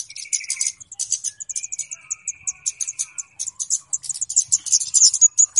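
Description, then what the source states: Flowerpecker calls: dense, sharp, very high ticks in quick irregular series, with a thin sustained buzzy tone underneath at times. Call used as a lure (pikat); known locally as Kemade or Cabe Cabean; described as a clear recording.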